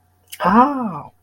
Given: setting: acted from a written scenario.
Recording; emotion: vocal sound without words; pain